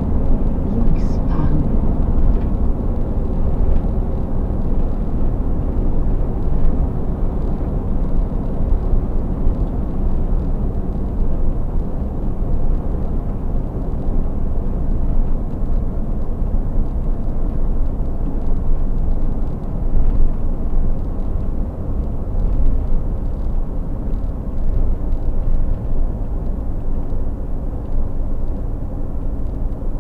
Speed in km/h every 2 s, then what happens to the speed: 96, 96, 90, 85, 83, 79, 77, 74, 74, 72, 70, 66, 66, 66, 64.
0-30 slows to 64.